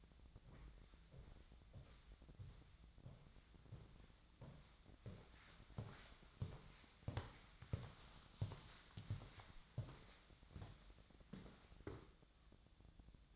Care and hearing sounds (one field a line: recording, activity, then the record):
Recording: daily activity, microphone in the room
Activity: walk to room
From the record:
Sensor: 3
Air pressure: 1010.2 hPa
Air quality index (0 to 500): 180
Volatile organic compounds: 12 ppm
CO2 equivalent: 2342 ppm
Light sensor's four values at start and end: 42/104/45/49 and 42/103/45/48